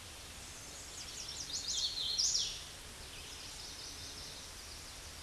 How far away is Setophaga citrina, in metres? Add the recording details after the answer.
about 25 m. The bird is about 15 m above the microphone. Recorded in a Pennsylvania forest on 16 May 2024 at 08:09. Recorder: AudioMoth, point MSD-1295. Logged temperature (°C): 13.7 °C. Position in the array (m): 174 m, 71 m